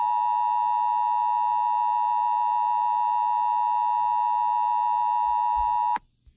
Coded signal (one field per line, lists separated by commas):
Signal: Emergency Alert System (SAME) tones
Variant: 853 and 960 Hz attention tone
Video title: EAS SCENARIO 24: Simon Attacks